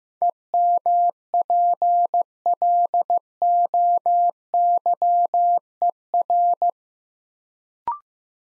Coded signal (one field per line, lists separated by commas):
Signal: Morse code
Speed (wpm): 15 wpm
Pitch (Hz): 700 Hz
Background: none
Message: EMPLOYER